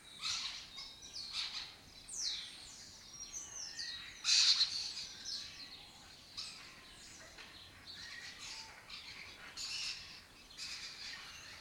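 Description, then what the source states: Lesser kestrel calls: repeated raspy chatters and squeals, one loud burst midway, over steady background hiss. Colony of migratory lesser kestrels breeding in an abandoned building complex in Doñana, southern Europe; they forage in West Africa.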